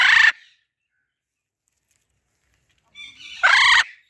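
Macaw squawks: a loud, harsh, raspy burst at the start, then softer rasping notes leading into a second loud screech about three seconds later.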